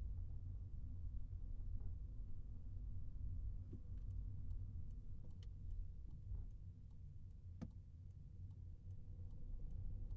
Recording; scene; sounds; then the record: everyday scene through a hearing-aid microphone; in a vehicle; engine, highway traffic jam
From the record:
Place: Skoda Fabia, gasoline engine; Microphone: behind the ear, right, front